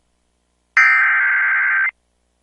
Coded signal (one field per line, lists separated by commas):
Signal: Emergency Alert System (SAME) tones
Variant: header bursts